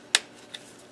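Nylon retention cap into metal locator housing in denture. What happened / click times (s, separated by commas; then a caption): A small plastic cap snapped into its metal housing / 0.2 s. A red nylon retention cap held on a core tool is pressed into a metal LODI Locator housing cap in a denture. A sharp, bright snap sounds at 0.2 s, followed by a fainter tick at about 0.6 s, as the cap seats in the housing.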